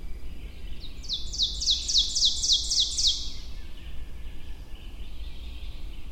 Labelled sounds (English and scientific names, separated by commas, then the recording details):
Ovenbird (Seiurus aurocapilla) song
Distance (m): 25 m
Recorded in boreal forest in Alberta, Canada, on 22 June 2016 at 06:39
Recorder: SongMeter 3, array SBT-6-76
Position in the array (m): 162 m, 130 m
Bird 3